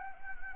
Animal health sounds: mosquito wingbeat signal from an infrared sensor; Anopheles arabiensis

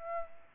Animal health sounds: mosquito wingbeat signal from an infrared sensor; Aedes aegypti

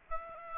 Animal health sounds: mosquito wingbeat signal from an infrared sensor; Aedes aegypti

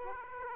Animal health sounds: mosquito wingbeat signal from an infrared sensor; Aedes aegypti

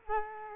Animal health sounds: mosquito wingbeat signal from an infrared sensor; Culex quinquefasciatus

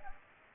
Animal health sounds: mosquito wingbeat signal from an infrared sensor; Culex pipiens

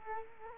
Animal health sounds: mosquito wingbeat signal from an infrared sensor; Culex quinquefasciatus

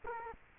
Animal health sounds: mosquito wingbeat signal from an infrared sensor; Culex quinquefasciatus

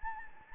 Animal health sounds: mosquito wingbeat signal from an infrared sensor; Anopheles gambiae

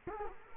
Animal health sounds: mosquito wingbeat signal from an infrared sensor; Culex quinquefasciatus

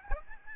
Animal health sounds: mosquito wingbeat signal from an infrared sensor; Aedes albopictus

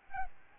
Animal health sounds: mosquito wingbeat signal from an infrared sensor; Aedes albopictus

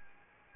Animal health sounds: mosquito wingbeat signal from an infrared sensor; Anopheles arabiensis

